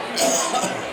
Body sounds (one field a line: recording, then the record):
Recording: coughing mixed with background sound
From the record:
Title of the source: Residual Phlegmy Morning Coughing and Gagging